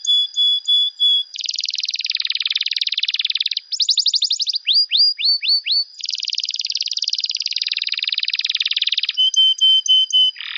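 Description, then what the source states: Canary singing long buzzy trills broken by a quick high rattle and a string of repeated down-slurred whistles, with steady chip notes at start and end. Canary song used as a lure for trapping birds.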